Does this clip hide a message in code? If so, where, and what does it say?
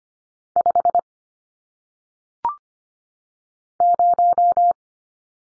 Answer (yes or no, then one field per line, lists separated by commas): yes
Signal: Morse code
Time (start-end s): 0.6-4.7 s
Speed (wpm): 25 wpm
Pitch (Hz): 700 Hz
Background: none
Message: 5 0